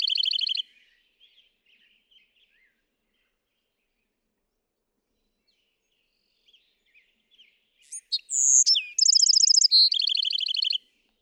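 Bewick's wren song: a trill ending at the start, quiet scattered notes, then a full phrase of high whistles and buzzy rapid trills.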